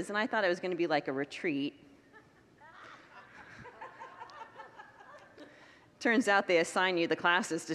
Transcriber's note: congregants laugh